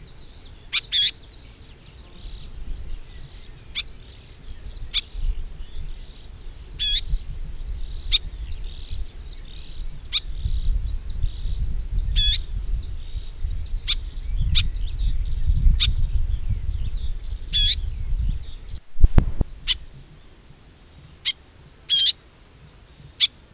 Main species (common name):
Garden Warbler